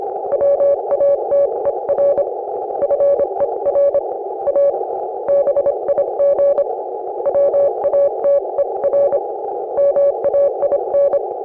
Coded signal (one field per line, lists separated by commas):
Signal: Morse code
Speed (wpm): 28 wpm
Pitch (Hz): 560 Hz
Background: none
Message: WATER FER A BIG WATER MAIN